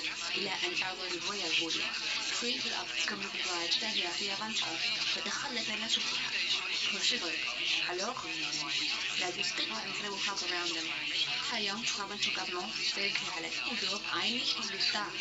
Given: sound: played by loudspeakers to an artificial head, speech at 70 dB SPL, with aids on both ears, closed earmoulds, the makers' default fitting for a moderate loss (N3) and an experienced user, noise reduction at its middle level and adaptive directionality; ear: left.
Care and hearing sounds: speech test signal (ISTS) in cocktail-party noise; +6 dB; on the right (90 degrees)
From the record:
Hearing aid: class 1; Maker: A

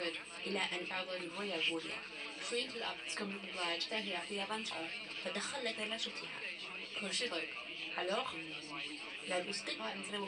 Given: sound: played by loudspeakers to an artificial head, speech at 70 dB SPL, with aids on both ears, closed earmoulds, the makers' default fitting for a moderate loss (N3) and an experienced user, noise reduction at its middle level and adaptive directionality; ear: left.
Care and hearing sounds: speech test signal (ISTS) in cocktail-party noise; +9 dB; on the right (90 degrees)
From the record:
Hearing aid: class 2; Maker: C

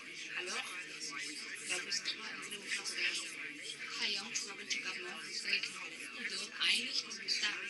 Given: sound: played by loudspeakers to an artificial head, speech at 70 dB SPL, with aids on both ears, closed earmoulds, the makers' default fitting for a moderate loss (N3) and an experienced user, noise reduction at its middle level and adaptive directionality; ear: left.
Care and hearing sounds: speech test signal (ISTS) in cocktail-party noise; -3 dB; on the right (90 degrees)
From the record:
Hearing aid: class 2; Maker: H

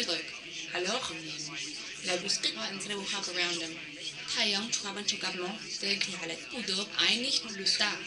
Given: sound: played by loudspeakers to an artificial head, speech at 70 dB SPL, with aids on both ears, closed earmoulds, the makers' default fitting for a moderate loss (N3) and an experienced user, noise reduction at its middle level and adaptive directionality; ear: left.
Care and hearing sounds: speech test signal (ISTS) in cocktail-party noise; +9 dB; on the right (90 degrees)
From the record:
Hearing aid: class 1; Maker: B

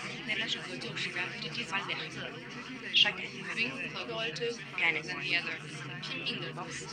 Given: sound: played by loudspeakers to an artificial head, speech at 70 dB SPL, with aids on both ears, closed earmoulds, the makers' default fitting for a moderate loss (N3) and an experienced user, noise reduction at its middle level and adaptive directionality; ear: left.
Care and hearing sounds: speech test signal (ISTS) in cocktail-party noise; -6 dB; in front (0 degrees)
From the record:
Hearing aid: class 2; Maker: F

